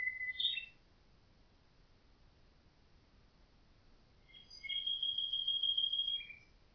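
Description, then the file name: Common nightingale song: a quick mixed phrase of whistles and rattles, a long pause, then a sustained high trill ending in a lower note. "Nachtigall"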